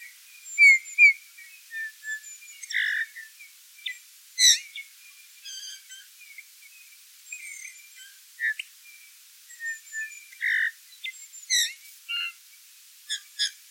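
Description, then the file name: Eurasian bullfinch with soft, fluted piping calls near three and eleven seconds, amid busy high chirping, twittering and sharp ticking notes. "Pyrrhula pyrrhula"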